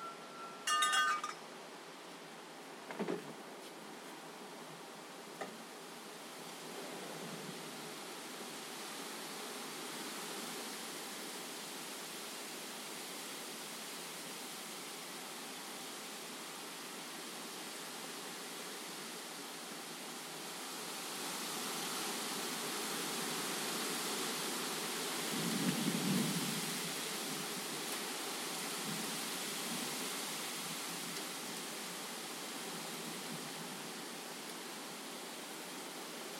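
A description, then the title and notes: A heavy storm roars as a steady, dense rush of rain and wind that builds louder from about twenty seconds on. A bright clink and a few knocks sound early, and a deeper gust or rumble swells near the twenty-six-second mark. Massive storm blew through. Set up the field recorder to capture it.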